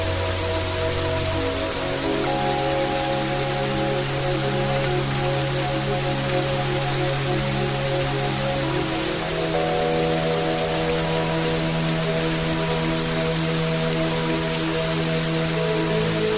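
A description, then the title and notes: Heavy rain falls steadily, a dense, bright hiss filling the whole clip. Under it, calm meditation music holds long, sustained low tones that shift to a new chord around two seconds and again near nine seconds. Calming Meditation Music and Heavy Rain Falling.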